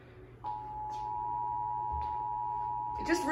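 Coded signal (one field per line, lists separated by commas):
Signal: Emergency Alert System (SAME) tones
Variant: 853 and 960 Hz attention tone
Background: speech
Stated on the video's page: Real tests, watches and warnings recorded from a NOAA Weather Radio station in Texas.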